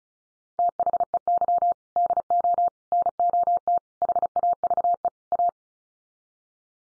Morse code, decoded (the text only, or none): THEY DO NOT HAVE A